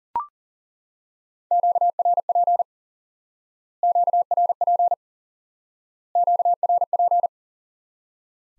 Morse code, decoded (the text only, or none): QRP QRP QRP